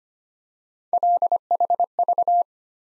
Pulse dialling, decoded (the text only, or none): none